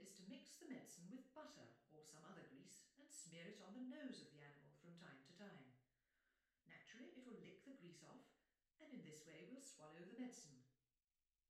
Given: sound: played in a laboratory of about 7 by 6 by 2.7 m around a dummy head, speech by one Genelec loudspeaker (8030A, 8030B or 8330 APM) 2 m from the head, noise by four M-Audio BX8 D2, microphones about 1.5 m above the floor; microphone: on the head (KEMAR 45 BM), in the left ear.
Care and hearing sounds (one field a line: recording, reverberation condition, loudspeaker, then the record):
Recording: female speech in English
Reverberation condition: medium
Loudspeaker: 150 degrees to the right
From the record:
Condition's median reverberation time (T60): about 510 ms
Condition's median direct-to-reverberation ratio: about -0.5 dB